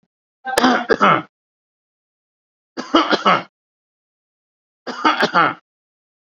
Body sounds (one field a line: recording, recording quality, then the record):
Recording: heavy voluntary cough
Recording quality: excellent, no background noise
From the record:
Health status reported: COVID-19 positive, mild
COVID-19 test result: positive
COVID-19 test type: RT-PCR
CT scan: not taken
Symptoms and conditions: cough, breathing difficulty, fatigue, diabetes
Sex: male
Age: 55 years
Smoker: no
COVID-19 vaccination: both doses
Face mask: worn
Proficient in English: yes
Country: India